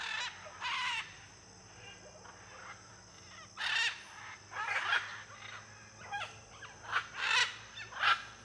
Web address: Conjunto de Araras em Area de Muitas Palmeiras e ruidos de grilo. arara caninde